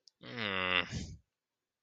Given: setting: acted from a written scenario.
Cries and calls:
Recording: vocal sound without words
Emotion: distress

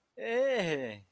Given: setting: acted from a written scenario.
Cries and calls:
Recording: vocal sound without words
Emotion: positive surprise

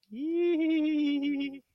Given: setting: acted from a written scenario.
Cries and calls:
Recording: vocal sound without words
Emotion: pride

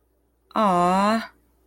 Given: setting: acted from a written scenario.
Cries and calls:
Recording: vocal sound without words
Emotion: adoration

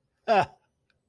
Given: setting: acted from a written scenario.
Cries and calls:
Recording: vocal sound without words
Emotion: contempt

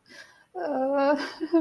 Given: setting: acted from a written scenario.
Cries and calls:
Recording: vocal sound without words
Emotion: sadness

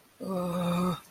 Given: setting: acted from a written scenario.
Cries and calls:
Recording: vocal sound without words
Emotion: embarrassment

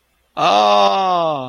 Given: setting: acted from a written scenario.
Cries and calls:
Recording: vocal sound without words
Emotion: positive surprise

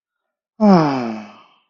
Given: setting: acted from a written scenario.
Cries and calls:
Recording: vocal sound without words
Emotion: ecstasy

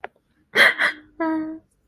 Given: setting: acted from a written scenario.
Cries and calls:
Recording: vocal sound without words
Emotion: sadness

